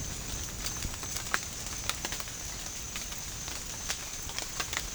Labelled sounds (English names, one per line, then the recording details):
none
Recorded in dense forest near Puerto Asís, Putumayo, Colombia, on 27 June 2025 at 08:30
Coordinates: 0.481, -76.323
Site G072